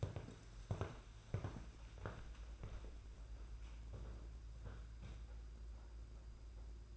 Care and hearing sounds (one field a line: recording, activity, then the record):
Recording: daily activity, microphone in the room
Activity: walk to room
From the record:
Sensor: 2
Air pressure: 991.9 hPa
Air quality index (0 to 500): 232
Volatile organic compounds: 1000 ppm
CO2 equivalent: 7786 ppm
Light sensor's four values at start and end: 17/55/21/20 and 18/58/22/21